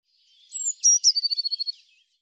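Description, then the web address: Eurasian blue tit call: two or three sharp high thin notes followed by a quick series of about seven rapid trilled notes. "Deverinetal"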